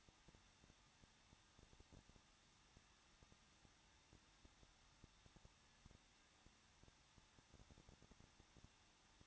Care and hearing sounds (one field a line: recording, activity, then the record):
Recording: daily activity, microphone in the room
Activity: no activity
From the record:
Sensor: 3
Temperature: 21.2 degrees Celsius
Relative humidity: 36.2%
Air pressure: 1006.5 hPa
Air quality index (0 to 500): 220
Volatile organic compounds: 39 ppm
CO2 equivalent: 3130 ppm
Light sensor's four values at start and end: 2/3/2/2 and 2/3/2/2